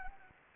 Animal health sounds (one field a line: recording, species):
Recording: mosquito wingbeat signal from an infrared sensor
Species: Anopheles arabiensis